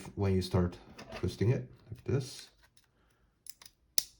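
Someone talks while the spring-loaded window screw in the side of a bullpup rifle's stock is pushed through and twisted, with a few faint ticks around 3.5 s and 3.7 s. It then clicks home sharply at 4.0 s, meaning the window screw is fully seated.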